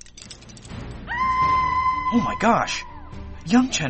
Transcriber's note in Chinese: scream